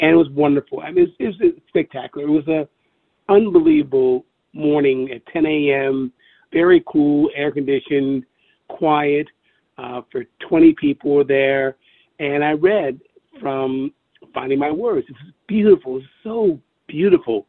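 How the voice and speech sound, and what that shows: Adult man with aphasia since a stroke in 2016 speaking in short phrases separated by frequent pauses, with some word repetition. Words come out jumbled and fumbled; he knows the exact word he wants but fumbles when speaking.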